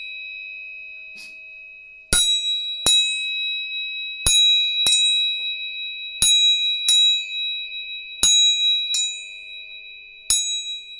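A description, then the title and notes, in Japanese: Tuning forks ring with a steady, bright, high tone that sustains through the whole clip, with a fainter lower tone beneath. From about two seconds on, sharp metallic strikes come in pairs roughly every two seconds, each briefly restarting the ringing. 音叉チューニング3本。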